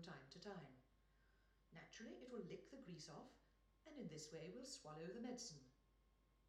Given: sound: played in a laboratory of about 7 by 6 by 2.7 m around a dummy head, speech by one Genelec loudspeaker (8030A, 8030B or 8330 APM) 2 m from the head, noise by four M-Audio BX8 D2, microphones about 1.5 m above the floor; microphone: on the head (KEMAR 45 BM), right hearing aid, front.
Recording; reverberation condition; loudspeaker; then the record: female speech in English; medium; 120 degrees to the right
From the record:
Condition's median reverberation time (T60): about 510 ms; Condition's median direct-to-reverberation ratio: about -0.5 dB